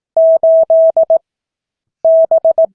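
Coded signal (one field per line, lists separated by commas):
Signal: Morse code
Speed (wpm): 18 wpm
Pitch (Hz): 650 Hz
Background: none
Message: 8 B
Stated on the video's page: Morse code class.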